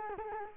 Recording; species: mosquito wingbeat signal from an infrared sensor; Culex quinquefasciatus